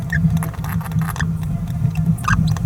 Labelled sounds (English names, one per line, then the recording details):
Green-rumped Parrotlet babbling
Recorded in a nest box in Venezuela
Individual 18B17A3